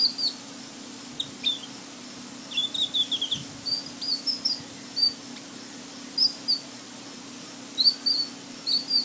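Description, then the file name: Ruby-throated bulbul song of rapid high twittering phrases and sharp whistled notes, repeated in short bursts, with a low continuous hum in the background. "cucakrantemas"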